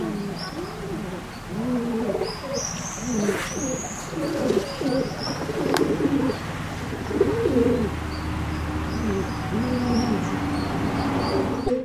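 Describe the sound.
Bird cooing in low phrases, joined by scattered high thin chirps and a steady low hum.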